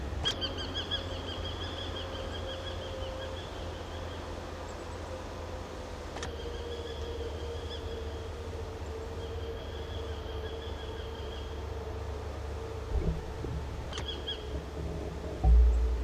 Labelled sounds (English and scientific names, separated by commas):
Eurasian Hobby (Falco subbuteo) call